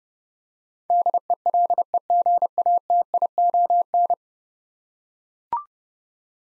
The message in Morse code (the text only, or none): DELEGATION